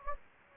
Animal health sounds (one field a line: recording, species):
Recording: mosquito wingbeat signal from an infrared sensor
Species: Anopheles gambiae